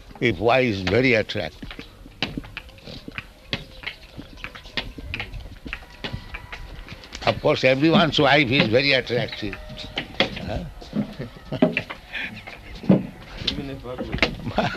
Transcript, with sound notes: if wife is very attractive. Of course, everyone's wife is very attractive. [laughs]
Even if ugly.